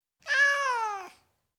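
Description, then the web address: Domestic cat meow: a single drawn-out, slightly falling meow lasting nearly a second, with nothing else heard. Tom cat, individual meows. "The BBC Sound Effects Library. Tom Cat, Individual Meows"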